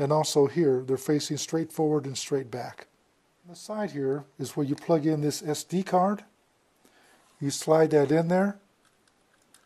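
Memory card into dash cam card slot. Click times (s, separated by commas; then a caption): 9.1 s, 9.5 s. A microSD card is pressed into the side card slot of a plastic Ivation HD 720p dual wide-angle lens dash cam until it latches, while someone talks. Two short, sharp ticks are heard at 9.1 s and 9.5 s as the card locks into place and stays in.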